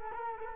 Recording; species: mosquito wingbeat signal from an infrared sensor; Culex quinquefasciatus